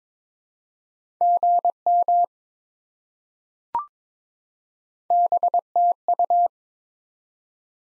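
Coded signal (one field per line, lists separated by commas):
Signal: Morse code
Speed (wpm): 22 wpm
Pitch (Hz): 700 Hz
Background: none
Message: GM BTU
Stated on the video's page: Morse head-copy drill of common QSO elements at 22 wpm, each sent, spoken, then sent again.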